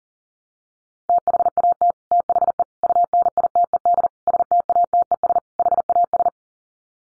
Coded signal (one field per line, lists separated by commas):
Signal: Morse code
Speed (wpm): 40 wpm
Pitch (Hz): 700 Hz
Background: none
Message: THAT THE UNITED STATES HAS